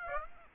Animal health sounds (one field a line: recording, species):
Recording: mosquito wingbeat signal from an infrared sensor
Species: Aedes aegypti